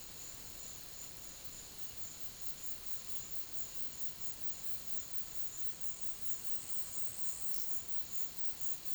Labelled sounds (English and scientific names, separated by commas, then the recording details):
none
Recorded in pastures near Puerto Asís, Putumayo, Colombia, on 12 March 2025 at 12:30
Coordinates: 0.505, -76.324
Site GP08